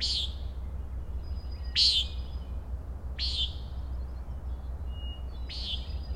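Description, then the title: Common nighthawk giving four nasal, buzzy peent calls, unevenly spaced, with faint thin tones between them over a steady low rumble. Three birds flying very closely as if in formation or chasing, Schoodic Head overlook, Acadia National Park, Winter Harbor, Maine, June 16 2017, 3:56 am, 46 degrees, partly cloudy; Fostex FR2, omni mic; trimmed and normalized. "Common Nighthawks Rattling & Peenting"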